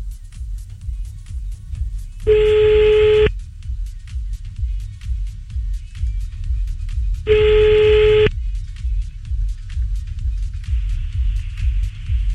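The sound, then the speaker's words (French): Two steady telephone ringback tones from an outgoing call-back, each lasting about a second and spaced several seconds apart, sound over a low, constant rumble with no talking. “Bon, on rappelle à l'autre du coup, hein.”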